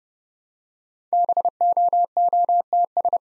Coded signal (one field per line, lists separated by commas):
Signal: Morse code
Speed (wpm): 30 wpm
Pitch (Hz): 700 Hz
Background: none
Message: BOOTS